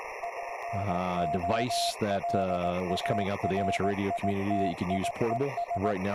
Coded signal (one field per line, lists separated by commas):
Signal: Morse code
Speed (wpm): 18 wpm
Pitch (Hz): 690 Hz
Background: speech, radio noise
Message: INOLARITIES